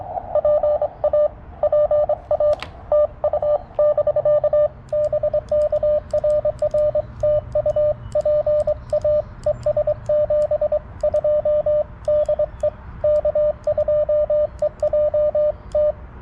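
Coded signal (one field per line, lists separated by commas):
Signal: Morse code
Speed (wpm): 23 wpm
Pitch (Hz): 600 Hz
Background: radio noise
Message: PA PA TU <BK> BK RR TU PA ES 72 DE K2EJT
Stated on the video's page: CW Parks On The Air activation on 40m using a TX-500 with a WRC antenna and BaMaTech TP-III key.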